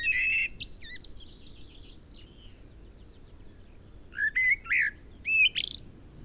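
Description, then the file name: Common blackbird song: a loud whistled note and high squeaky twitters open, then after a pause several mellow, whistled notes follow one another with thin high tails. "Turdus merula"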